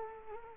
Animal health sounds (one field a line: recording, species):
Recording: mosquito wingbeat signal from an infrared sensor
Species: Culex quinquefasciatus